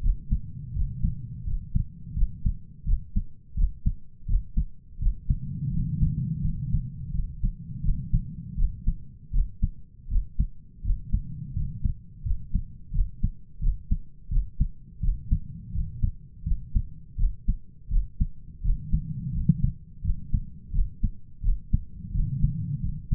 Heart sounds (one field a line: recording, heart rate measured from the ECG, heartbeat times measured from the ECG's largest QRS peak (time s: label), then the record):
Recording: heart sounds by stethoscope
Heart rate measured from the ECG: 84 bpm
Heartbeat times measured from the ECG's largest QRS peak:
0.02 s: heartbeat
0.74 s: heartbeat
1.45 s: heartbeat
2.15 s: heartbeat
2.86 s: heartbeat
3.56 s: heartbeat
4.27 s: heartbeat
5.00 s: heartbeat
5.72 s: heartbeat
6.43 s: heartbeat
7.12 s: heartbeat
7.83 s: heartbeat
8.56 s: heartbeat
9.32 s: heartbeat
10.09 s: heartbeat
10.83 s: heartbeat
11.54 s: heartbeat
12.24 s: heartbeat
12.92 s: heartbeat
13.60 s: heartbeat
14.30 s: heartbeat
15.01 s: heartbeat
15.73 s: heartbeat
16.45 s: heartbeat
17.17 s: heartbeat
17.90 s: heartbeat
18.63 s: heartbeat
19.33 s: heartbeat
20.03 s: heartbeat
20.72 s: heartbeat
21.42 s: heartbeat
22.13 s: heartbeat
22.82 s: heartbeat
From the record:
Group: healthy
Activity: rest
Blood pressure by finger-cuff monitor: 119/71 mmHg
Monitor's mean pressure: 87 mmHg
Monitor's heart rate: 84 bpm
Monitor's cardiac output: 8 L/min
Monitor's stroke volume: 95 mL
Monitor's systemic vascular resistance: 800 dyn s/cm5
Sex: male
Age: 33 years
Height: 179 cm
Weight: 80.4 kg